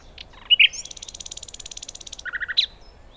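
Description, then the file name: Common nightingale song phrase: a few sharp high notes, then a long buzzy rattling trill, a short series of lower, rapid notes and a final sharp note. "Luscinia megarhynchos"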